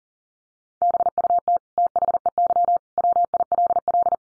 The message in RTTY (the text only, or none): none